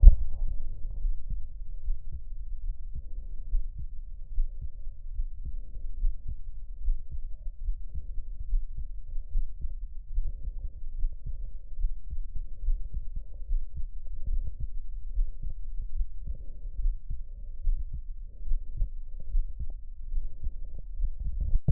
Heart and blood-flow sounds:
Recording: heart sounds by stethoscope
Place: aortic valve (AV)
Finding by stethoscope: normal heart sounds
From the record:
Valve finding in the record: normal valve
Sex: male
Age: 57 years

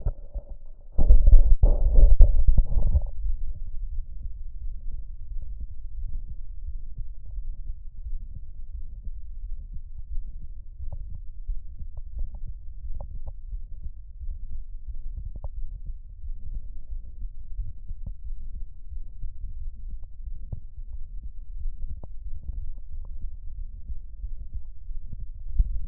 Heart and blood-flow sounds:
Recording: heart sounds by stethoscope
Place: aortic valve (AV)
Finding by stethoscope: normal heart sounds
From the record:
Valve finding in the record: sclerotic aortic valve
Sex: male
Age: 75 years

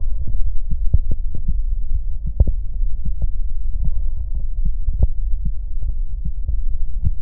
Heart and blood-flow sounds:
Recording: heart sounds by stethoscope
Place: aortic valve (AV)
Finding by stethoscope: normal heart sounds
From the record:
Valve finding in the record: normal valve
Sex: female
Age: 40 years

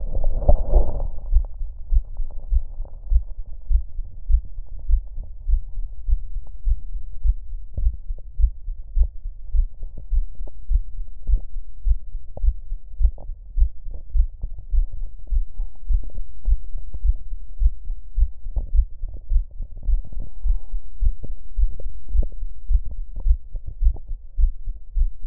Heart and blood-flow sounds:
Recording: heart sounds by stethoscope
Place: mitral valve (MV)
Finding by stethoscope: normal heart sounds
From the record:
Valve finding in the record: mitral regurgitation, grade 1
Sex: male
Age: 44 years

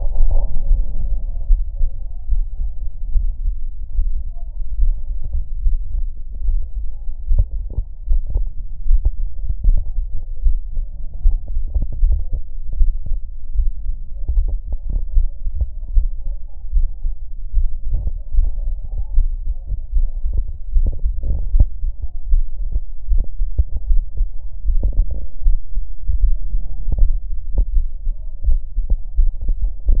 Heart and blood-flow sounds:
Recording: heart sounds by stethoscope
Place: pulmonary valve (PV)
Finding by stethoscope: normal heart sounds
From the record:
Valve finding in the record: normal valve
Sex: female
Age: 54 years

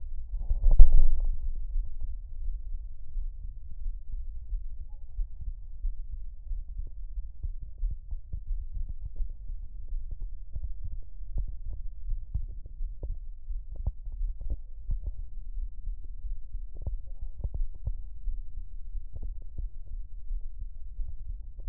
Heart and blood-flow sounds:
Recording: heart sounds by stethoscope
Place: pulmonary valve (PV)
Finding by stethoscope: normal heart sounds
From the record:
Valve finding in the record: normal valve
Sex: male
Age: 43 years

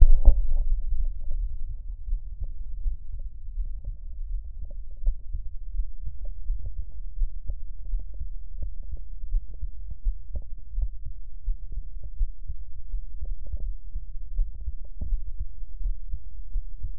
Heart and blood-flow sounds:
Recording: heart sounds by stethoscope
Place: aortic valve (AV)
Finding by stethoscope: normal heart sounds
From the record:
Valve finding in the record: normal valve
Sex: male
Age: 51 years

